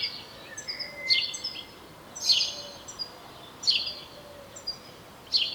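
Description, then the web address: House sparrow chirps, four strong bursts about a second apart, mixed with thin high whistles from other birds and a faint hum. "SETE Passer domesticus"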